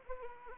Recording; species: mosquito wingbeat signal from an infrared sensor; Anopheles arabiensis